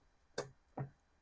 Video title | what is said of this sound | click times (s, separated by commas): AUXITO LED Headlight Bulb Install & Review! (Discount code in the description 👇🏼) #led #howto | you see now it's locked into place | 0.4 s